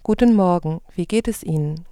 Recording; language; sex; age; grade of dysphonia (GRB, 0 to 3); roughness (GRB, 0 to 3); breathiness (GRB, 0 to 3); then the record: spoken sentence; German; female; 30 to 39 years; 0; 0; 0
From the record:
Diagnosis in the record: healthy voice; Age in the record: 39 years